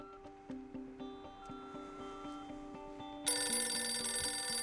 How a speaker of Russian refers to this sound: Он спешит к телефону и отвечает на звонок.